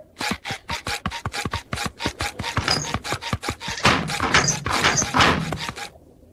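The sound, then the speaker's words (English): Fast, rough scratching strokes rasp over and over in a steady rhythm as someone scratches an itchy spot on their backside, speeding into a dense, frantic flurry before stopping abruptly. No one speaks. “I'm gonna scratch a hole straight to the Goo Lagoon at this rate.”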